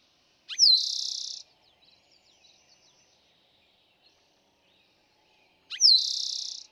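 Eastern towhee repeating its song twice about five seconds apart, each a downslurred note followed by a fast trill, with faint bird notes in between.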